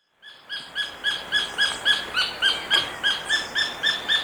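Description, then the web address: Black-billed treehunter giving a fast, even series of harsh notes, about three or four each second, continuing steadily for several seconds. Ecuador. "Birds of Ecuador 2. Black-Billed Treehunter"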